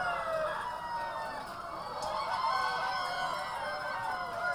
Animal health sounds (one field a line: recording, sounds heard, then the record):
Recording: poultry house recording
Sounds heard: healthy chickens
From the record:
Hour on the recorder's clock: 11